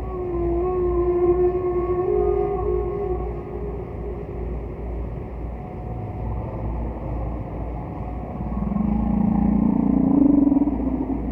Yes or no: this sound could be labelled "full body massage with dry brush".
no